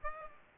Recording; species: mosquito wingbeat signal from an infrared sensor; Aedes aegypti